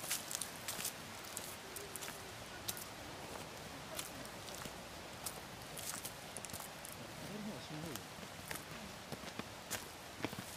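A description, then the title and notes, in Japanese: An autumn mountain scene: a steady, dense hiss of outdoor sound fills the whole clip, broken by frequent sharp clicks and rustles, like footsteps or twigs, scattered irregularly throughout. Faint low murmurs, possibly distant voices, surface briefly around seven to eight seconds. 環境音 昨年の秋山。気温、天候、音、どれも心地よい。初めての秋の山でした。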